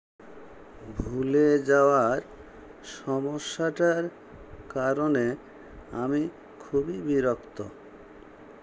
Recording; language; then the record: elicited speech; Bengali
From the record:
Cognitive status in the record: dementia